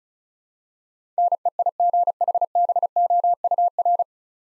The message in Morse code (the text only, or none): NEIGHBOUR